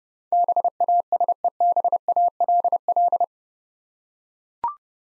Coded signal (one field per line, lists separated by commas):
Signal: Morse code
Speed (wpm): 31 wpm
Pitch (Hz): 700 Hz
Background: none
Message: BASEBALL